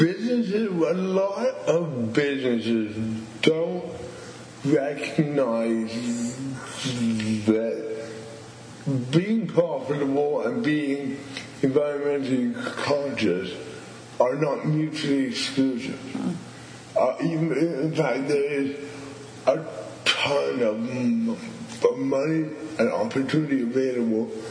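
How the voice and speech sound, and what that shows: A 29-year-old man from Montreal who stutters and also has cerebral palsy speaks with stretched sounds, silent blocks mid-phrase and a phrase restart: stuttered speech.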